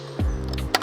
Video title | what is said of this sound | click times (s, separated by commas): How to Install BMW M2, M3, M4 Carbon Fiber Mirror Caps *G80, G82, G87* | It should get a little pop to let you know that it's clicked into place. | 0.7 s